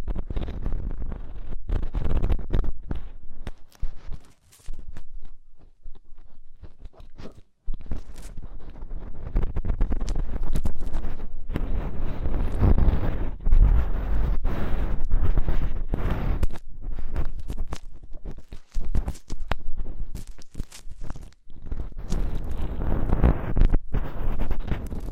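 Deep ear cleaning: muffled scraping and crunchy rustling that comes in dense, irregular bursts with a heavy low rumble. Brief near-silent pauses break it up around 4, 7 and 19 seconds, with occasional sharp clicks.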